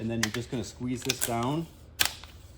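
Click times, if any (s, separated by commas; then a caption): 2.0 s. A retaining clip is set with its flat spot under the roughly 3/16 inch lip of a vintage trailer door window and squeezed down while someone talks. A sharp snap at 2.0 s marks the clip seating in place, followed by a faint tick.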